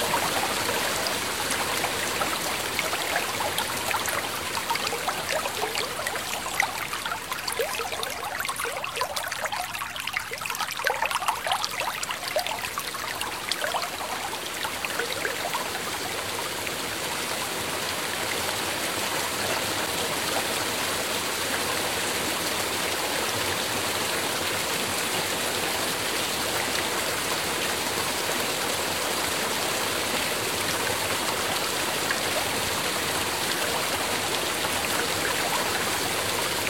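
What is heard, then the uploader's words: Natural water runs steadily, a dense rushing hiss like a stream over stones. In the first fifteen seconds the sound is choppier, with bright splashes and spatters; afterward it settles into an even, unbroken flow through to the end. Natural waters, natural sounds.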